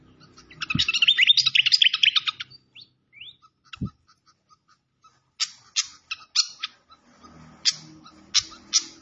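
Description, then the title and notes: Malaysian pied fantail song: a dense chattering burst, brief faint notes, then sharp separate chips at uneven intervals. Masteran (training recording) with a clear-voiced song mixed with the sound of trickling water. "Masteran Sikatan Kipas Suara Jernih Dan Suara Gemericik Air. Suara Burung Sikatan Londo"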